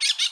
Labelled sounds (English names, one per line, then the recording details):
Brown-throated Parakeet contact call
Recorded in Bonaire
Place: roosting area just N of Seru Largu
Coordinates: 12.199, -68.277